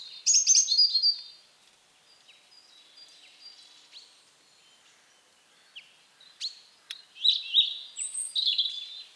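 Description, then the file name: European robin delivering a bright, high phrase first, then a quiet gap with faint notes, followed by several clicks and a final jumble of high whistled notes. "Erithacus rubecula"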